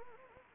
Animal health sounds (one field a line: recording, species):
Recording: mosquito wingbeat signal from an infrared sensor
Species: Anopheles arabiensis